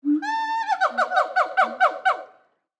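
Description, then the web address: Colobus monkey hoot: one steady harmonic tone, then a choppy series of about seven quick falling pulses that fade out after two and a half seconds. Long choppy hoot. "Blastwave ANIMALS Monkey Colobus"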